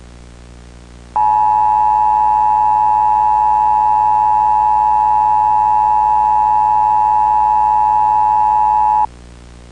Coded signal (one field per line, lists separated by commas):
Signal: Emergency Alert System (SAME) tones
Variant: 853 and 960 Hz attention tone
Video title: EAS In Games: Half-Life Series (Random Scratch Projects #56)